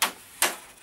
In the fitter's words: satisfying clicking here we go